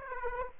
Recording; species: mosquito wingbeat signal from an infrared sensor; Aedes aegypti